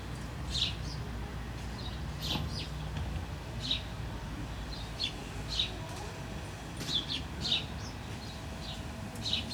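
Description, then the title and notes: Sparrow calls, frequent brief chirps in loose bunches, heard over a constant low hum. Several sparrows in a metal sculpture in Jette, Brussels, Belgium, with trains and cars; recorded with DPA 4060 microphones in AB position to a Zoom F3. "Drève de Rivieren, Jette, Bruxelles-Capitale, 1090, Belgique - Sparrows in a metal sculpture. moineaux dans une sculpture de métal. Trains, voitures"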